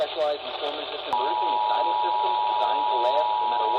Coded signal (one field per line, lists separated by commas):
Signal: Emergency Alert System (SAME) tones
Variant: 853 and 960 Hz attention tone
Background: speech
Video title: EAS Capture 583-593 RMT for NJ and PA RWT for PHI, OKX, WBEB, WOGL, and WTDY.